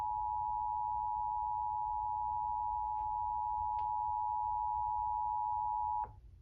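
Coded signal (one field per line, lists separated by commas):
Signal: Emergency Alert System (SAME) tones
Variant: 853 and 960 Hz attention tone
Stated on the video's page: Required Monthly Test from WDAV-FM 89.9 HD1 and HD2, received on a Sangean HDR-15 radio about 11 miles from the transmitter.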